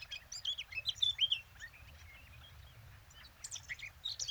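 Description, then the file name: Eurasian blackcap song, a short burst of fluty warbled notes, then a quieter stretch before a few more chirps at the end. "Sylvia atricapilla"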